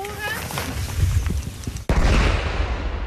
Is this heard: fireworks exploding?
yes